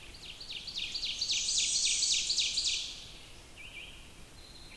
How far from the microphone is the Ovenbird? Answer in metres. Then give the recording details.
about 20 m. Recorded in boreal forest in Alberta, Canada, on 20 June 2016 at 06:13. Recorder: SongMeter 3, array SBT-6-81. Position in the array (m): 82 m, 99 m. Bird 23